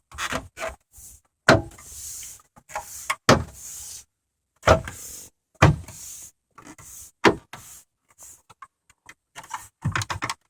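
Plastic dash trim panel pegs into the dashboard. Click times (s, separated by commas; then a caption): 1.5 s, 3.3 s, 5.6 s, 7.3 s, 10.0 s. The plastic dash trim piece around the CD changer in a 2006 GMC Yukon Denali is pressed back into the dashboard so its pegs snap into their holes. Sharp snaps sound one after another at about 1.5, 3.3, 5.6, 7.3 and 10.0 seconds, with quieter rustling between them. All the snaps end up back in place and the trim is seated.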